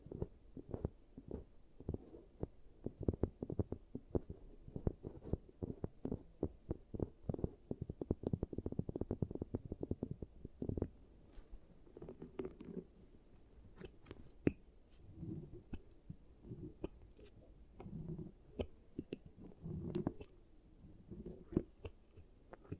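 ASMR teeth treatment sounds: dense, rapid clicking and tapping fill the first ten seconds, low and thumping with sharp snaps. After that the pace loosens into scattered clicks, soft rumbling scrapes and occasional bright ticks, with short pauses between bursts.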